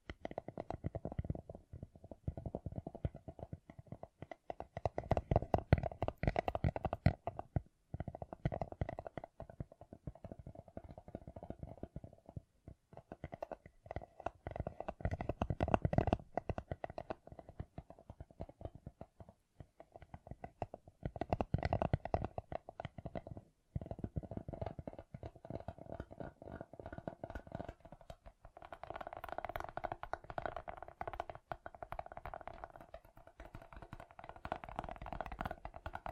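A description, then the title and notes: Fingertips tap and scratch in dense, rapid bursts, with brief pauses near 8, 13 and 24 seconds and brighter scratching toward the end. ASMR Gem Covered Fingertips Tapping and Scratching (No Talking).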